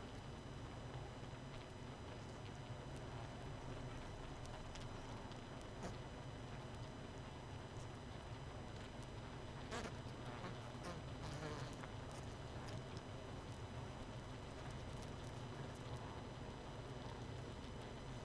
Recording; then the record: honeybee colony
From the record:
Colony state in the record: missing queen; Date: 31 May 2018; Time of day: 22:38